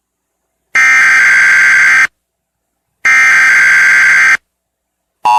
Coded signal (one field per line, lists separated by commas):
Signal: Emergency Alert System (SAME) tones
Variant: header bursts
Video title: EAS Scenario: Attack on north america.